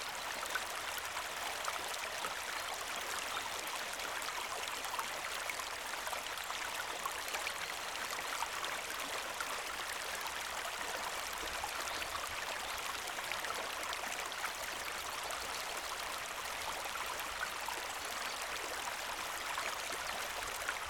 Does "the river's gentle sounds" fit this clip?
yes